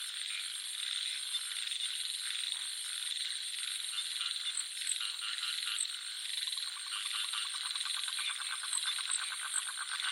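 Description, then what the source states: Frog croaking, a fast rattling pulse train in the second half over a dense, steady high chorus of crickets and other insects. Jungle nature soundscape with frogs and crickets.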